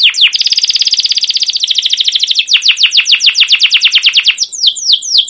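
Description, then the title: Canary song: a very fast buzzy trill giving way to slower, clear descending whistles repeated several times per second. Singing canary used as a lure (pancingan) to train other canaries; long rolling song (ngerol) with cuit cuit notes. "CUIT CUIT NGEROL LANGSUNG GACOR PANJANG Kenari Ini AMPUH Utk Pancingan KENAR"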